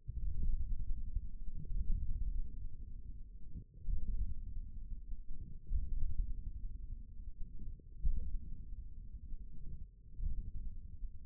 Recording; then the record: forearm muscle sounds (acoustic myography)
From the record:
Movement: hand closing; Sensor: system 1, eight BSWA MPA416 microphones around the upper forearm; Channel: 1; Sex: male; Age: 41 years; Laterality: right